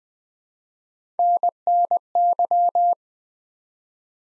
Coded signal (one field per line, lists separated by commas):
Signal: Morse code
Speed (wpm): 20 wpm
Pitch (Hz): 700 Hz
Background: none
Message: NNY